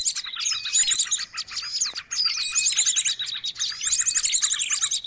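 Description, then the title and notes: Birds chirping and trilling together in a loud, crowded chorus of high twittering notes with brief dips. Noisy bird calls used to lure birds. "Burung Ribut Pikat"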